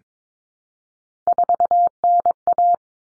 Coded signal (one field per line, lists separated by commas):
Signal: Morse code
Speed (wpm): 22 wpm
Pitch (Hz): 700 Hz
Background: none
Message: 4NA